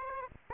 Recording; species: mosquito wingbeat signal from an infrared sensor; Aedes aegypti